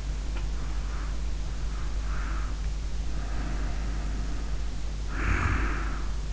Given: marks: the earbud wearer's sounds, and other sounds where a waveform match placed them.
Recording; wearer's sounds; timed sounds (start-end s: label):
sounds in sleep by an in-ear microphone; breath, snoring breath
0.31-2.75 s: breath
2.91-6.33 s: snoring breath